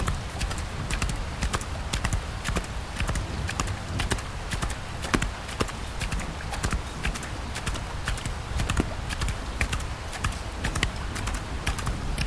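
Horse hooves clip-clop in a quick, steady rhythm of sharp clicks over a constant low rumble and hiss that never lets up.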